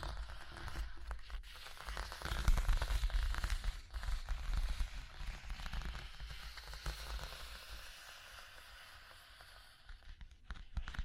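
Scratching and tapping on a surface, dense crackly rustling with a louder burst around two to five seconds, then thinning out.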